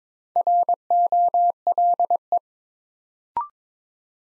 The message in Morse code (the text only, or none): ROLE